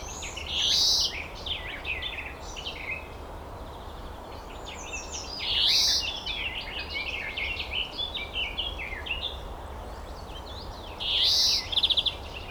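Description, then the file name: European greenfinch repeating a drawn-out buzzy wheeze three times, roughly every five seconds, amid lively chirping. "Chloris chloris"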